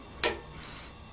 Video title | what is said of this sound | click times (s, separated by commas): Enjoying this MT-1501 from Ricoma!!!! | once we got it we're gonna go ahead with the pigtail facing up push it in until you hear it click | 0.2 s